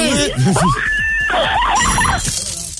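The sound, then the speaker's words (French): A woman lets out a series of high, excited shrieks and squeals of joy after winning 1,500 € in a Skyrock radio quiz, loud and wavering in pitch, mixed with breathless exclamations over a steady background hum. “C'est la radio qui fait crier comme ça.”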